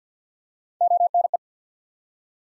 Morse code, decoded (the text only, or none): ONE